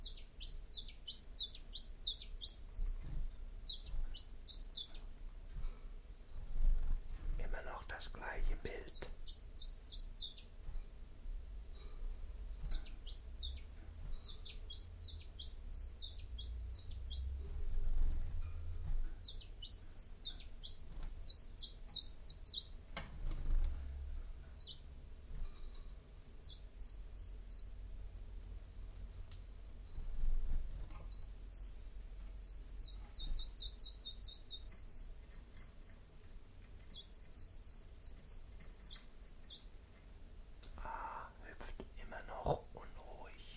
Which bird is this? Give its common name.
Common Chiffchaff